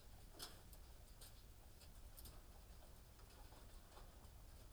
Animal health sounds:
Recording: poultry house recording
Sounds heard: healthy chickens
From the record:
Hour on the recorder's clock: 18

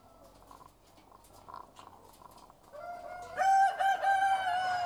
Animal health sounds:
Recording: poultry house recording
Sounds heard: sick chickens (respiratory disease)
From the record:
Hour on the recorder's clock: 13

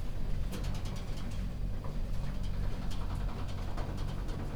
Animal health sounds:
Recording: poultry house recording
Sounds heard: no chicken sound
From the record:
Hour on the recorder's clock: 0

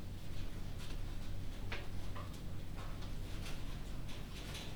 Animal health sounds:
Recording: poultry house recording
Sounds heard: no chicken sound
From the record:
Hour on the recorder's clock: 1

